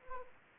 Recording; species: mosquito wingbeat signal from an infrared sensor; Anopheles arabiensis